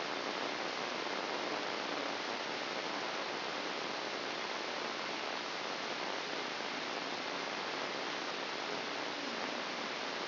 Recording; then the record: brain microelectrode recording played as sound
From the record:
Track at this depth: inside the subthalamic nucleus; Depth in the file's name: 4.31 mm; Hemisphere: left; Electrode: 2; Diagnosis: Parkinson's disease